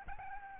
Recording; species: mosquito wingbeat signal from an infrared sensor; Aedes albopictus